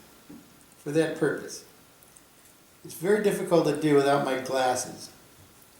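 A man talks while guiding the tip of a brass rod into a purpose-made hole in a model assembly part, where the top of the rod will rest against a spine rod inside the part with metal meeting metal. Only faint handling sounds are heard between his words, and nothing has seated yet when the clip ends.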